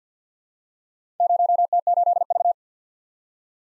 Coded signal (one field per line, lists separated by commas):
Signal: Morse code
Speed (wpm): 47 wpm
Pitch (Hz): 700 Hz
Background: none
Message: 0T8V